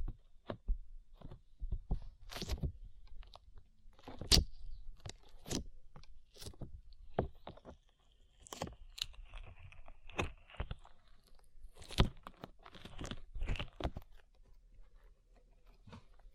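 Sticky slime being squished and pulled, with irregular sharp crackling pops every second or so and a faint whistling tone sweeping midway.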